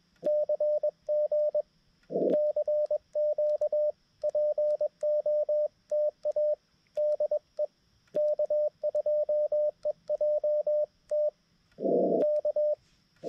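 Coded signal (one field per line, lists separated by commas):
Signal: Morse code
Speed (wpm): 21 wpm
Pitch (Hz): 600 Hz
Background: radio noise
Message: CG CQ POTA DE K2EJT K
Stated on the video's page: CW POTA park activation on 20m sent with a new BaMaTech TP-III key and Xiegu G90; propagation fantastic, operator uncomfortable with the new key.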